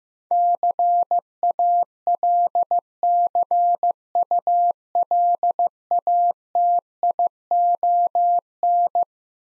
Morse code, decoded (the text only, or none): CALCULATION